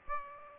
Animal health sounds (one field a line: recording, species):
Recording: mosquito wingbeat signal from an infrared sensor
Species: Aedes aegypti